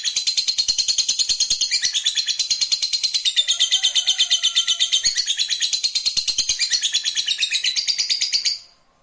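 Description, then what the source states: Lovebird sustaining a long, fast trill of piercing high chattering notes for over eight seconds before falling silent. Fighter lovebird giving ngekek panjang, a long ngekek.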